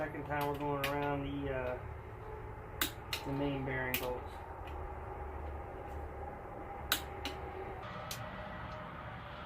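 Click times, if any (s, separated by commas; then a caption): 2.8 s, 3.1 s. A click-type torque wrench is pulled to its setting on a steel main bearing bolt in an engine block during the second pass around the bolts, while someone talks. The wrench clicks at its setting at 2.8 s and 3.1 s, followed by further sharp clicks later in the clip.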